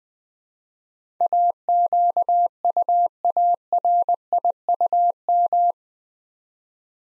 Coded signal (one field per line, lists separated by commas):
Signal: Morse code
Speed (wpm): 20 wpm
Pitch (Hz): 700 Hz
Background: none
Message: AQUARIUM